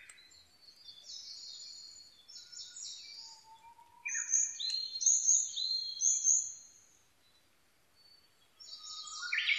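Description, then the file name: Varied tit giving a run of thin, high, slightly buzzy notes about once a second, with other high, slurred calls before and after. Recorded 28-29 May 2011. "yamagara 20110528-0529"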